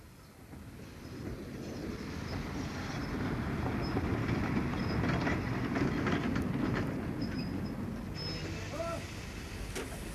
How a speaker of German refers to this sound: Am 10. September überfuhr der D-Zug Prag-Asch infolge eines Komplotts zwischen dem Lokomotivführer Jaroslav Kovalenka und dem Bahnhofsvorsteher Karel Truxa die tschechische Grenze bei Asch und kam erst ein paar hundert Meter hinter der Grenze